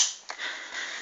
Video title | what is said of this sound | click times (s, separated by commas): Review L96 de cher jing gong/AGM | Donc là vous allez entendre le petit clic. | 0.3 s